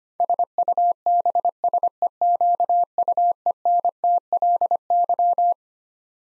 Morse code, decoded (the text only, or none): SUBSEQUENTLY